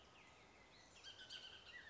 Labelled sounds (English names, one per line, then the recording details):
Bullock's Oriole
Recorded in Sonoma County, California